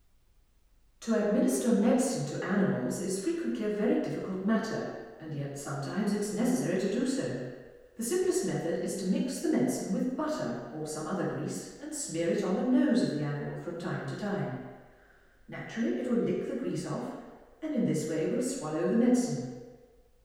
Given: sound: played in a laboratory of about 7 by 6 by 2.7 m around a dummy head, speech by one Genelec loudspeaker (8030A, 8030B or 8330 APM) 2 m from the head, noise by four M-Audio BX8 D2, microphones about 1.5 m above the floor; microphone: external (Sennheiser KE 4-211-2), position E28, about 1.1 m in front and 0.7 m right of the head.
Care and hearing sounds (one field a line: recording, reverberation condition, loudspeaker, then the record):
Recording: female speech in English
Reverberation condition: high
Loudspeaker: 120 degrees to the left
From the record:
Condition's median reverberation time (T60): about 1300 ms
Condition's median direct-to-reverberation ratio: about -4.0 dB